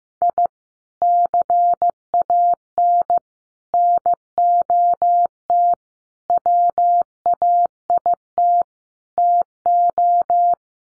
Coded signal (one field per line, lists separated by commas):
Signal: Morse code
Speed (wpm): 15 wpm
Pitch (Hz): 700 Hz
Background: none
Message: I CAN NOT WAIT TO